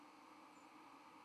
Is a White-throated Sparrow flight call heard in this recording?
yes